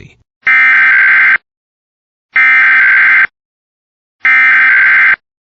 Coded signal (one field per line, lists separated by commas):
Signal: Emergency Alert System (SAME) tones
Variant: header bursts